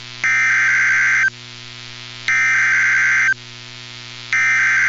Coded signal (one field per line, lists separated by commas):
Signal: Emergency Alert System (SAME) tones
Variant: header bursts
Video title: (Online #EAS #4-12) for the multi-state Severe Weather Outbreak on 5/16/2025 + WEIRD EAS GLITCH!?